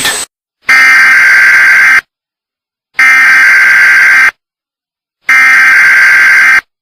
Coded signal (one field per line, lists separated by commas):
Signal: Emergency Alert System (SAME) tones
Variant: header bursts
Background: speech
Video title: EAS Broadcast when the SHTF!